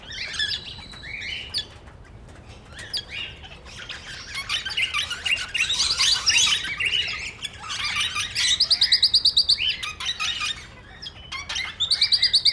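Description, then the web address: Parrots in noisy chatter, dense twittering that swells midway, followed by quick rattling trills of rapid repeated notes. Parrots (plural) at Nyíregyháza Zoo, recorded in 2010, on top of the green pyramid. "nyiregyhazizoo 2010 standardt madarak papagajokazoldpiramistetejen"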